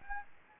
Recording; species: mosquito wingbeat signal from an infrared sensor; Anopheles gambiae